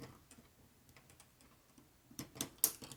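A steel snap ring (circlip) is being fitted with snap ring pliers onto a shaft groove of a Harley XL Sportster transmission part. Faint light ticks are followed by louder metallic hits near 2.2 s and 2.4 s and a sharp, bright hit at 2.6 s. Nothing has seated or clicked into the groove yet.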